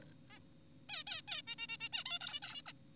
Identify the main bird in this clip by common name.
Zebra Finch